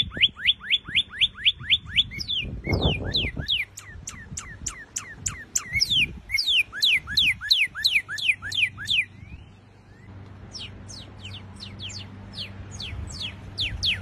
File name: canto do cardeal vermelho americano